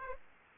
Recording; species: mosquito wingbeat signal from an infrared sensor; Aedes aegypti